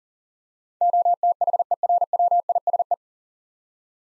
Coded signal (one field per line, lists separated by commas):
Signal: Morse code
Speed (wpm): 40 wpm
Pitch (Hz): 700 Hz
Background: none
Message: OTHERWISE